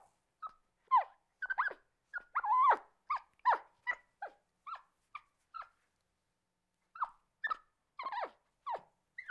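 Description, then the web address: Capuchin monkey squeaks: short, sharp downward-sliding notes, fired off irregularly in bursts with a brief quiet spell before another flurry. Angry calling. "monkey capuchin mad"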